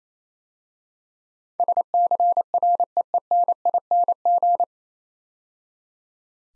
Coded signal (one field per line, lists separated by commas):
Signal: Morse code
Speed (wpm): 27 wpm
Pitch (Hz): 700 Hz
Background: none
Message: SCREENING